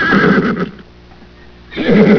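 Horse neigh, a shaky whinny, then a pause and another quavering whinny starting up.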